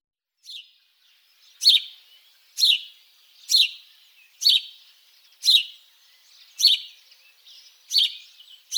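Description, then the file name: House sparrow chirping: a sharp single cheep repeated roughly once a second, steady and loud, with quiet gaps between notes. "Moineau domestique"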